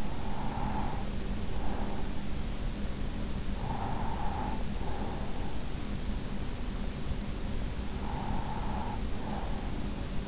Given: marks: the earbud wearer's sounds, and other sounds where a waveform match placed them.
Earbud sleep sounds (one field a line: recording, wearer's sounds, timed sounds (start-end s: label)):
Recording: sounds in sleep by an in-ear microphone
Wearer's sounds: breath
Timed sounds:
0.00-2.31 s: breath
3.40-6.03 s: breath
7.97-10.28 s: breath